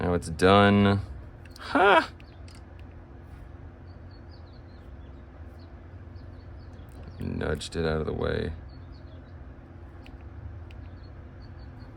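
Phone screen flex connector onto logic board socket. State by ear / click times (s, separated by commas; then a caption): not seated / none. During a front camera swap on an iPhone 11 Pro Max, the screen's flex connector is pressed onto the logic board socket, and faint taps are heard around 2.5, 2.8, 10.1 and 10.7 seconds while someone talks. Nothing has seated or clicked yet; the screen connector is still not seated.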